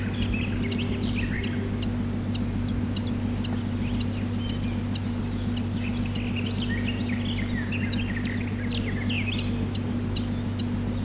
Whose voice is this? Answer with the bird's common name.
Common Chiffchaff